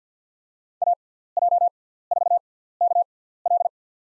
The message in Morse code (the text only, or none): AJ4KL